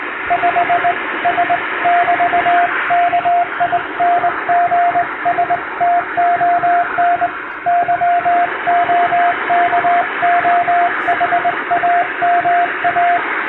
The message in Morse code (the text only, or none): 5 S<BT>KINGSTON YOKOHAMA